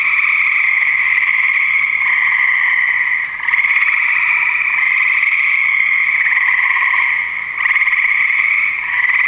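Frogs calling in a dense continuous chorus, a steady droning trill in two bands, unbroken with slight swells and dips.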